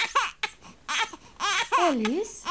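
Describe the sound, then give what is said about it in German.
A baby with a full diaper cries in several short, wavering bursts, ending in a longer wail that swoops down in pitch and climbs back up. The cries are moderately loud, with brief gaps between them. “Das Baby hat die Buchsen voll.”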